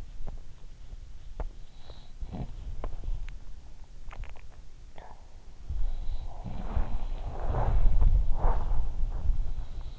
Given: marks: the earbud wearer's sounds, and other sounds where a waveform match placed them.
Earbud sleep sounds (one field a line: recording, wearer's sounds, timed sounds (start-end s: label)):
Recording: sounds in sleep by an in-ear microphone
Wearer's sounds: body movement, swallowing, breath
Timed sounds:
0.00-9.60 s: body movement
2.20-2.52 s: sound from someone else or the room
4.08-4.63 s: swallowing
4.86-5.25 s: breath
5.71-9.25 s: sound from someone else or the room